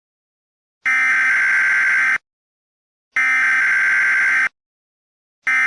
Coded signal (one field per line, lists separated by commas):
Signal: Emergency Alert System (SAME) tones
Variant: header bursts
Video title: stupid cat eas scenario red mist squidward rampage sin count reviwed merowing